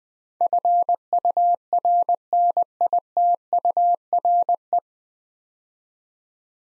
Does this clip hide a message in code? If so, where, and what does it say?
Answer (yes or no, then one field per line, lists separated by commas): yes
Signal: Morse code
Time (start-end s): 0.4-4.8 s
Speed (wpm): 20 wpm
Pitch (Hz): 700 Hz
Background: none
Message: FURNITURE